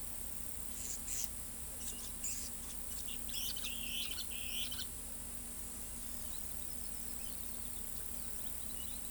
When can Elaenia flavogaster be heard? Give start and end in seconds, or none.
0.67-4.87